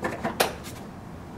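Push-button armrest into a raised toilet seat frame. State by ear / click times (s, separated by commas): seated / 0.4 s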